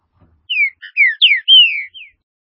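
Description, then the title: Green-winged saltator song: one clear phrase of rich, loud whistled notes sliding downward, the longest note drawn out near the end. "Trinca Ferro"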